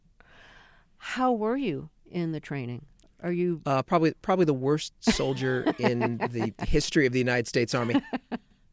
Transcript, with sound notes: How were you in the training? Are you...
Probably the worst soldier...
(Laughter).
...In the history of the United States Army.